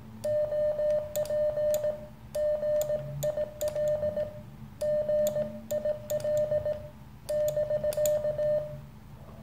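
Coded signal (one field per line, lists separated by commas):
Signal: Morse code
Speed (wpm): 18 wpm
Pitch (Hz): 600 Hz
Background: none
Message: OP GIL GIL <BK>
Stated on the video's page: Single-band CW transceiver, the Weber Soda Pop kit radio, used for on-air contacts.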